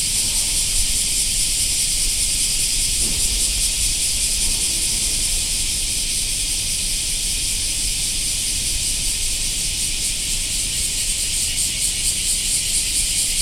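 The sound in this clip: Cicadas in a dense, continuous high buzzing chorus, steady throughout, over low rumbling background noise.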